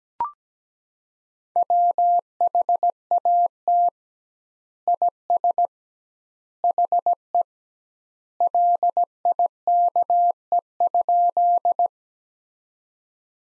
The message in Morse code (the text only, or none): WHAT IS HE LIKE?